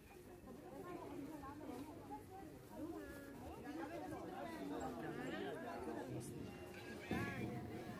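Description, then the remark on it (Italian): A busy market hum in a huge market in Jerusalem: overlapping voices and chatter blend into a steady, dense babble, with occasional louder calls rising above the crowd noise throughout. “Entriamo e ci immergiamo nei colori e nei suoni dell'enorme mercato.”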